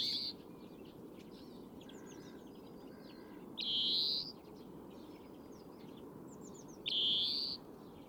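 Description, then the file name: European greenfinch giving long nasal buzzy wheezes, three in eight seconds roughly three seconds apart, with faint high chirps of other birds between them. "Chloris chloris"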